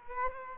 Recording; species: mosquito wingbeat signal from an infrared sensor; Culex quinquefasciatus